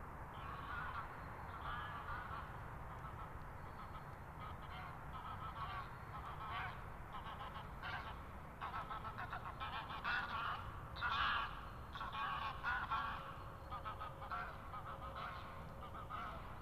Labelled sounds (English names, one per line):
Wood Lark song